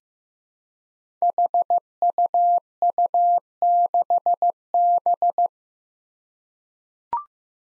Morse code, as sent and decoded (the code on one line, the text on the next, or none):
.... ..- ..- -.... -...
HUU6B